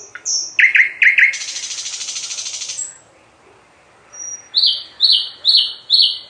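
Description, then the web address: Nightingale song: short chirps, a grating buzzy rattle, a quiet gap, then several high repeated whistled notes. "Physics is fun. slowik"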